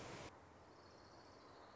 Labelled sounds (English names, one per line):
Orange-crowned Warbler